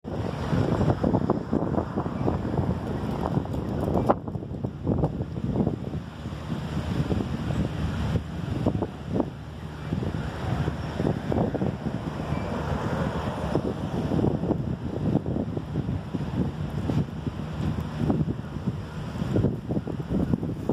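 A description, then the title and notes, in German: At a bus stop as a thunderstorm approaches, wind buffets the microphone in a dense, steady low roar for the whole stretch. Gusts rise and fall every second or two, with a brief lull near four seconds and a rougher swell around twelve seconds. Ein Gewitter droht. Bushaltestelle: das Gewitter kündigt sich an.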